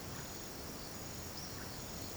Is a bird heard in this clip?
no